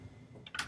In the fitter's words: you hear click you know it's locked in